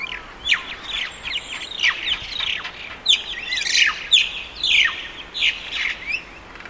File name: Crested Myna